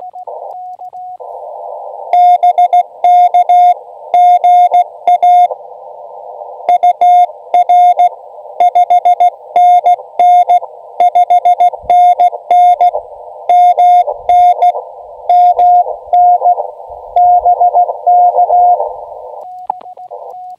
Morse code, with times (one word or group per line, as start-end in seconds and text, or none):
2.1-5.5 BKGA
6.7-8.1 UR
8.6-12.9 5NN5NN
13.5-14.7 MN
15.3-16.5 MN
17.2-18.7 BK